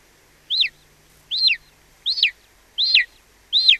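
Golden eagle calling in a steady series of five sharp, down-slurred yelps, each rising briefly before dropping, repeated at an even pace with little else heard.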